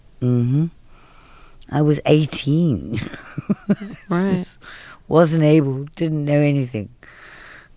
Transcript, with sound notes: Mm-hmm. I was 18 (laughter).
Right.
So I wasn't able - didn't know anything.